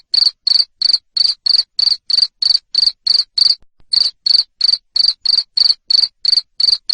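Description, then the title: Cricket chirping in loud, even pulses about three per second, a high ringing tone with one short pause midway; nothing else audible. Loud cricket chirping used to stimulate lovebirds into continuous chattering song. "Suara JANGKRIK NGERIK Keras Bikin LOVEBIRD Jadi NGEKEK Terus"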